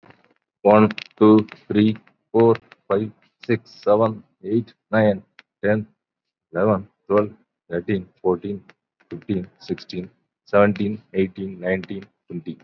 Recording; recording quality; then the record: counting at a normal pace; excellent, no background noise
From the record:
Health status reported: COVID-19 positive, mild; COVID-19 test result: positive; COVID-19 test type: RT-PCR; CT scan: not taken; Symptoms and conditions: breathing difficulty, fatigue, muscle pain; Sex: male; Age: 48 years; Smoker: no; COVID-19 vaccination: none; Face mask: not worn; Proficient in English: no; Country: India